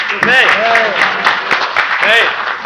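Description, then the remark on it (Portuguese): An audience applauds steadily for a few seconds, a dense wash of clapping with excited shouts and voices rising above it. “Palmas para ele!”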